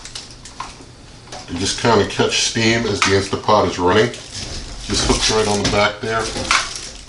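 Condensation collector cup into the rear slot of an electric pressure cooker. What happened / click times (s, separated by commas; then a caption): A small plastic part is handled but not yet seated / none. A plastic condensation collector cup is handled and hooked onto the back of an electric pressure cooker, to be pressed into its rear slot. Light plastic taps and knocks are heard in the first 0.7 seconds, then someone talks. Nothing has seated or clicked into place yet.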